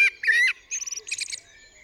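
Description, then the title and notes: Common blackbird gives a short fluty warble, then a scratchy high twittering flourish, with a faint low hum underneath. Singing on a studio roof, UK, 8 April 2020 around 7am during Covid-19 lockdown; recorded with a parabolic dish, MKH50 and MKH30 microphones in M/S and a Sonosax R4+ recorder. "Blackbird On A Still Morning. I would like to share this recording I made this morning on the 8th April 2020 around 7am. A Blackbird singing on the roof of my studio"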